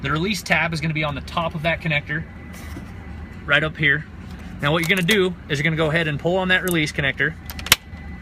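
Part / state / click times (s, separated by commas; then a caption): wiring harness connector on the back of a truck instrument cluster / released / 7.7 s. Someone talks while pulling up on the plastic release tab of the wiring harness connector on the back of a Chevy truck instrument cluster. A sharp click sounds at 7.7 s as the tab releases the connector.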